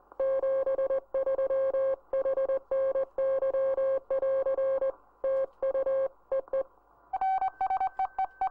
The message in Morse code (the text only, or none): 73 HNY <AR> TU EE